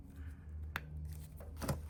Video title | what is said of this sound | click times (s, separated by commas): RV Solar Panel Upgrade/Install-40A Mppt Renogy Charge Controller | You just push it in until it clicks. | 0.8 s